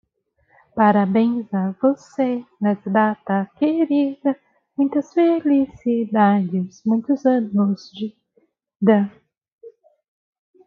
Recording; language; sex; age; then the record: short text; Brazilian Portuguese; female; 30 to 39 years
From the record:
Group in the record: control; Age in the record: 35 years